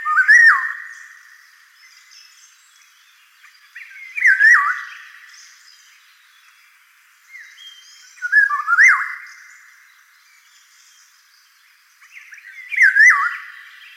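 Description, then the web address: Eurasian golden oriole singing short, fluty, yodelling whistled phrases, repeated roughly every four seconds, with faint higher twitters between them. "common oriole oriole"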